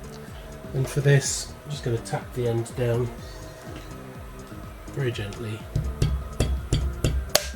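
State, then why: Seated. A steel circlip is tapped down gently into the bearing housing (CHRA) bore of a Holset HX55/HX60 turbocharger while someone talks. Several light taps sound at about 6.0, 6.4, 6.7 and 7.1 seconds, then a sharp snap at 7.4 seconds as the circlip seats in its groove. It is confirmed seated, though one end sticks out more than the other.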